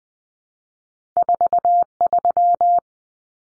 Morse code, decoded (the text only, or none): 43